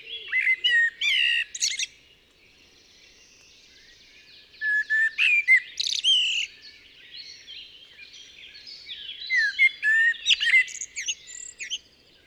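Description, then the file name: Eurasian blackbird singing three bursts, each a few fluty warbled notes mixed with high scratchy twittering, with short pauses between bursts. "Turdus merula"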